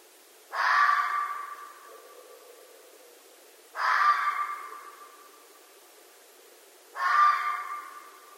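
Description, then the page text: Red fox calls: three rasping cries about three seconds apart, each starting abruptly and trailing off slowly into silence. Red fox, at night. "Night Sounds, Pt 7 – Red Foxes"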